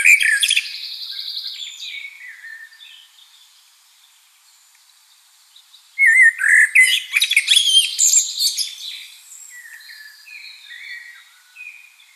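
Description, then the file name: Common blackbird song phrases: a brief fluty start and squeaky twitter, a quiet gap, then a loud burst of scratchy high twittering notes. "Turdus merula"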